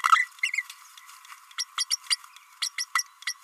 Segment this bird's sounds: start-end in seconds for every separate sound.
0.11-0.28, 0.53-0.62, 1.58-1.65, 1.77-1.85, 1.90-1.98, 2.10-2.16, 2.61-2.70, 2.78-2.86, 2.95-3.04